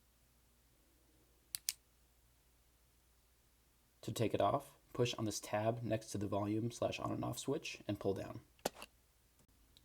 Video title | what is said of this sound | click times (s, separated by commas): BCFFA BKR9000 Training 101 | to put the holster on slide it over the screen of the radio until you hear a click | 1.5 s, 1.7 s